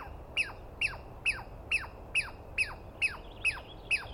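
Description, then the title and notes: Douglas squirrel giving sharp, falling screechy calls at an even pace, nine in a row, each dropping quickly in pitch. Recorded at dawn on 21 April 2017 in the East Cascades; a single squirrel screaming at length at the recordist, identified by its sound rather than a clear view. "On the morning of 21 April, 2017, I set up my microphones and recorder for a nice dawn recording in the East Cascades. I was started awake by a screaming Douglas Pine Squirrel"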